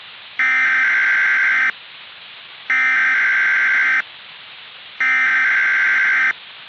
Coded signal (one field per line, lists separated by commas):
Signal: Emergency Alert System (SAME) tones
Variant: header bursts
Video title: "From the Ocean" - EAS Scenario